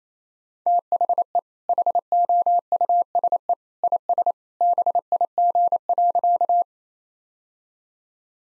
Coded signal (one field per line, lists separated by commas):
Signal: Morse code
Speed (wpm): 28 wpm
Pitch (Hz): 700 Hz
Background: none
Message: THE HOUSE IS BIG.